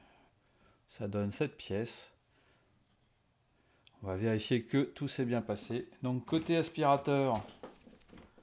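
Someone talks while handling a 3D-printed plastic reducer, a hose adapter meant to push onto a vacuum cleaner hose with a friction fit rather than a click. Speech comes in two stretches, with a quiet pause between them. Nothing has seated yet.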